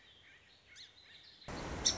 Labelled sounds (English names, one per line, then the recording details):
Song Sparrow
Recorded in Sonoma County, California